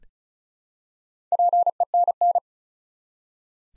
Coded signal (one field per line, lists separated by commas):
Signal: Morse code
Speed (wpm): 36 wpm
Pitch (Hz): 700 Hz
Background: none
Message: PENN